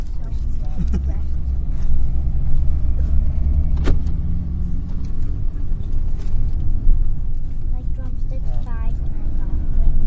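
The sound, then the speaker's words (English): Many Jeeps coming into town for boom days rumble past in a steady, low engine drone that holds for the whole stretch, with brief sharp clanks and faint voices murmuring underneath. “For all these Jeeps coming into town are for boom days.”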